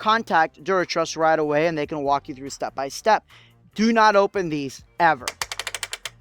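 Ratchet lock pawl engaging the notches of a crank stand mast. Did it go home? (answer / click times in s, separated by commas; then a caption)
yes / 5.6 s, 5.7 s, 5.8 s, 5.9 s, 6.1 s. A Duratruss DT-PRO5200 lighting truss crank stand is set to the lock position and cranked up. Someone talks, then a rapid series of metal ratchet clicks sounds at 5.6, 5.7, 5.8, 5.8, 5.9 and 6.1 seconds as the lock pawl drops into each notch of the rising mast. Each notch locks in automatically as a fail-safe, so the mast is seated at every step.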